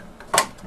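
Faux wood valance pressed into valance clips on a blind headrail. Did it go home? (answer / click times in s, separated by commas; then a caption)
yes / 0.4 s. The top edge of a faux wood valance is placed into the valance clips on a blind headrail and pushed in. A faint tap sounds at about 0.2 s, then a sharp, bright snap at 0.4 s as the valance seats in the clips.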